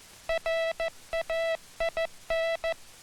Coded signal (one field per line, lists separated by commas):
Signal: Morse code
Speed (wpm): 14 wpm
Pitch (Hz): 660 Hz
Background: none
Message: RAIN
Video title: INTERNATIONAL MORSE CODE - US Army 1966 (Public Domain)